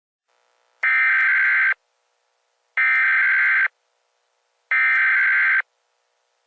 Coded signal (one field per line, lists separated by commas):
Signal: Emergency Alert System (SAME) tones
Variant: header bursts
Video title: Lake Michigan Twin Storms (EAS Scenario)